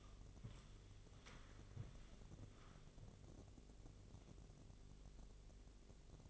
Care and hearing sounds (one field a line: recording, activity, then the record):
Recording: daily activity, microphone in the room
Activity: walk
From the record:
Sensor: 4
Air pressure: 1001.3 hPa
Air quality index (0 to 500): 174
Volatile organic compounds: 2 ppm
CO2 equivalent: 1251 ppm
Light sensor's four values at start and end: 14/32/13/13 and 14/32/13/13